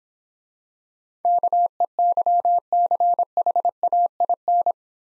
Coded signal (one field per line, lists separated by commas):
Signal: Morse code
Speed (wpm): 26 wpm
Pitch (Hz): 700 Hz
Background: none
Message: KEYCHAIN